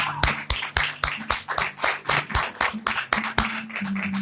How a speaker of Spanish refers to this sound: Como siempre hacemos aquí, hermanos, cuando viene alguien a visitarnos o por primera vez a congregarse, ¿cómo lo recibimos? Un aplauso.